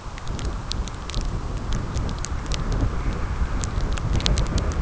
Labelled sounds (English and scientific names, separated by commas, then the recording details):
none
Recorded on Arctic tundra, site CORI-1, on 15 June 2018
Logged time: 12:00